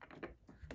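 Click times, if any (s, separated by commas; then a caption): none. The 3D-printed plastic top half of a wireless bicycle indicator's battery casing is handled and lined up by its pins with the holes in the bottom half, making a few short knocks and scrapes. Nothing has seated or clicked yet.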